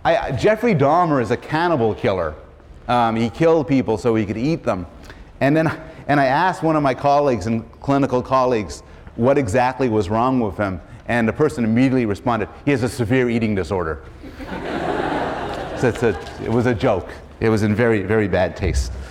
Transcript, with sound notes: Jeffrey Dahmer is a cannibal killer and he killed people so he could eat them and then — and I asked one of my colleagues in clinical — colleagues what exactly was wrong with him and the person immediately responded, "He has a severe eating disorder." [laughter] So, it's — it was a joke. It was in very, very bad taste.